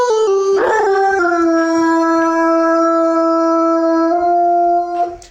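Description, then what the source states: Basset Hound howl: a falling 'woo' that settles into one long, steady, tonal note, held for several seconds before fading out. Pet dog howling ('woo') when prompted by its owner.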